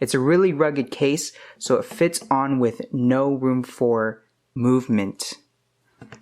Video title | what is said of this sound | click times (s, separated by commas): Review: Poetic Revolution Case (Galaxy S6 Edge) | I have it all clipped in and the last clip is on the top right here and there | 6.0 s, 6.1 s